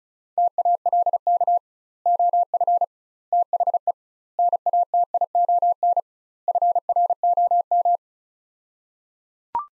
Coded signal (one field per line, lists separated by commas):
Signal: Morse code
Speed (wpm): 36 wpm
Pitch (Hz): 700 Hz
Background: none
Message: TALK OF THE NATION FROM